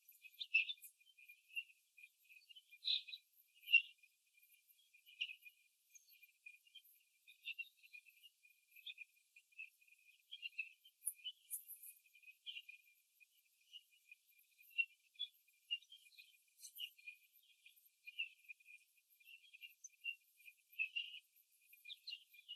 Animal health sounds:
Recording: young laying hens in a cage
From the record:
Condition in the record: after the stressor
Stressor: simulated dog barking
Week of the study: 3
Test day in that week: 1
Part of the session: 1

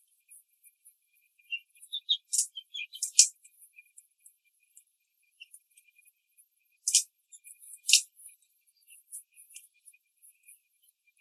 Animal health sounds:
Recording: young laying hens in a cage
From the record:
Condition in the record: control cage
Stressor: none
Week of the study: 5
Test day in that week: 1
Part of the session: 2

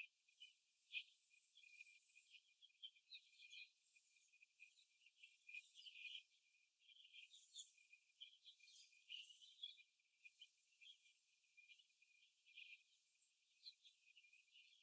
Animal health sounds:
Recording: young laying hens in a cage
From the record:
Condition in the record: after the stressor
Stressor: simulated dog barking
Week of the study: 2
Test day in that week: 2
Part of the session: 2

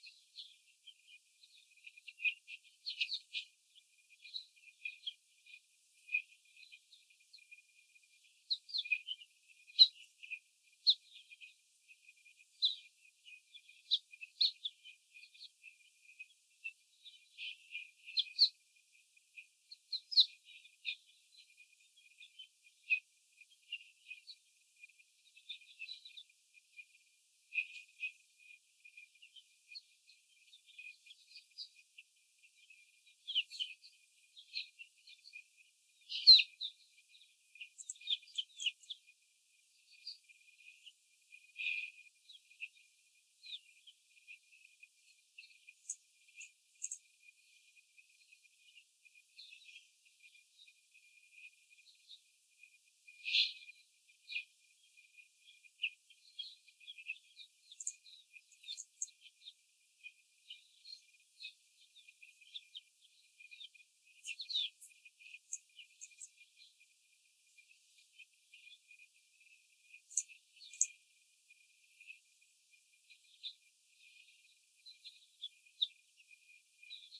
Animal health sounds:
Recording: young laying hens in a cage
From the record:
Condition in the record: before the stressor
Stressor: simulated dog barking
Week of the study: 4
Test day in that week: 3

